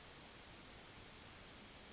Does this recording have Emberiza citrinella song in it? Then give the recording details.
yes. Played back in grassland. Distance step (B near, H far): C. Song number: 051